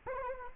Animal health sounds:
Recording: mosquito wingbeat signal from an infrared sensor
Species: Anopheles arabiensis

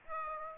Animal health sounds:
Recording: mosquito wingbeat signal from an infrared sensor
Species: Aedes aegypti

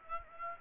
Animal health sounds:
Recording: mosquito wingbeat signal from an infrared sensor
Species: Aedes aegypti

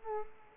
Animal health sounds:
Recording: mosquito wingbeat signal from an infrared sensor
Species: Culex quinquefasciatus

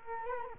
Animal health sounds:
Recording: mosquito wingbeat signal from an infrared sensor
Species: Culex quinquefasciatus

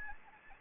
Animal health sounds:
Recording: mosquito wingbeat signal from an infrared sensor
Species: Anopheles gambiae

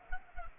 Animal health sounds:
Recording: mosquito wingbeat signal from an infrared sensor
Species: Culex pipiens

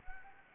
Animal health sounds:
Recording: mosquito wingbeat signal from an infrared sensor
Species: Anopheles gambiae

